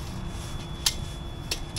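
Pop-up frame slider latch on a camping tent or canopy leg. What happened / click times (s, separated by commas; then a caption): The frame latch clicked into place / 0.9 s. A plastic or metal slide latch on the leg of a pop-up camping tent or canopy frame is pushed up and snaps into place with a sharp click at 0.9 s, and a second short click follows at 1.5 s over a low background rumble. The latch locks and is seated.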